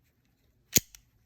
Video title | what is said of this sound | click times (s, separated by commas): More video from the collections I bought | And it locks in place to be an uncrashed. | 0.8 s